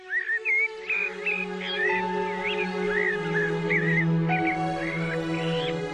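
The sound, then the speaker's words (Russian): Starlings sing in a steady stream of warbling, whistled phrases while rooks caw harshly now and then in a garden in spring, heard through double window frames, all over a constant low drone, with no voices. “Сквозь двойные рамы слышно было, как шумели в саду грачи и пели скворцы.”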